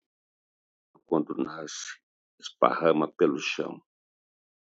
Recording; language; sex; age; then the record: short text; Brazilian Portuguese; male; 60 to 69 years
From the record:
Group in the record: control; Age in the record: 61 years